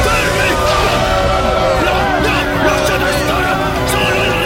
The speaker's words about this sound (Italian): In pochi istanti, la massa di sudditi, poco prima adoranti, esplose in un unico urlo di ribellione.